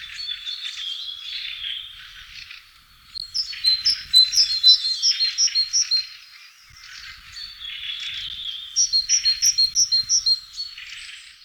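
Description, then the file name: Great tit giving two bouts of a ringing repeated note, several notes in each, separated by quieter chirps and chattering notes. "Parus major"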